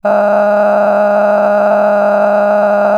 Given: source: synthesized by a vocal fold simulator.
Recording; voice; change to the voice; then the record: sustained vowel; female; cycle-to-cycle stiffness perturbation (roughness), level 10 of 10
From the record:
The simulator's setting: 6.49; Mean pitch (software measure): 207 Hz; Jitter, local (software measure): 3.29%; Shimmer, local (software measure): 18.0%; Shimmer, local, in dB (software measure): 1.48 dB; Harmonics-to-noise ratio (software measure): 10.3 dB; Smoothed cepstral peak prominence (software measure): 13.3 dB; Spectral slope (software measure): -21.8 dB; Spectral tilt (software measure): -12.0 dB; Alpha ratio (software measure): -12.2 dB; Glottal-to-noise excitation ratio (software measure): 0.931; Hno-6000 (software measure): 2.4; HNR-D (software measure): 28.6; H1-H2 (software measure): 4.1 dB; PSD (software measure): 5.7e-04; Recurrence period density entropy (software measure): 0.113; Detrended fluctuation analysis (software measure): 0.0293